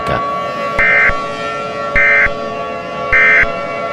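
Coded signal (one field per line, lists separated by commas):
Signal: Emergency Alert System (SAME) tones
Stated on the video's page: Fictional mini EAS scenario.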